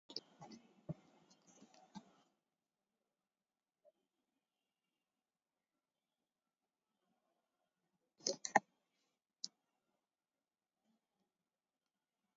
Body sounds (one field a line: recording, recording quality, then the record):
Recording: shallow breathing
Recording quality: moderate, slight background noise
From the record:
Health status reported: COVID-19 positive, moderate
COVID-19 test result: positive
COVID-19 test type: RT-PCR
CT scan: taken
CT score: 10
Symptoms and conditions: cough, cold, fever, fatigue, muscle pain, loss of smell and taste, diarrhoea, diabetes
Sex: male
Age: 47 years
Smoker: no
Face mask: worn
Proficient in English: yes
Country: India